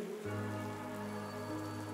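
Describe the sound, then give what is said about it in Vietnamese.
Steady rain falls with a dense, even hiss and a low constant rumble underneath. It has no distinct drops or pauses, and no one speaks. “Ông Năm nhìn Lụa quỳ giữa sân trong lúc trời còn đang mưa”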